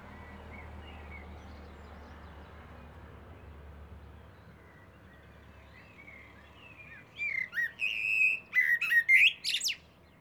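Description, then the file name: Common blackbird: low rumbling background noise at first, then a common blackbird sings a fluted warbling phrase with sharp, high squeaky twitters toward the end. "Turdus merula"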